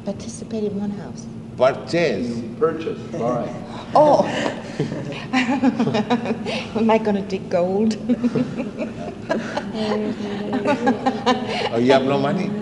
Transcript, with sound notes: Participate in one house?
Purchase.
Purchase. Buy.
Oh. [laughter] Am I gonna dig gold?
Oh, you have no money?